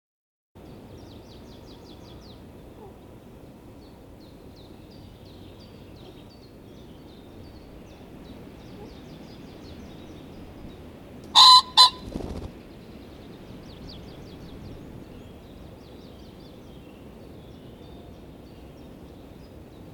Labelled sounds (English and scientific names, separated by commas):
Common Pheasant (Phasianus colchicus) call